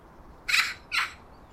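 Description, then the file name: Eurasian magpie calling twice, two harsh, grating chack notes about half a second apart, the second slightly shorter. "Pica pica"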